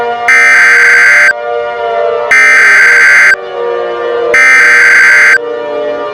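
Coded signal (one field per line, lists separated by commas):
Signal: Emergency Alert System (SAME) tones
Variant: header bursts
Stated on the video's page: Fictional EAS scenario.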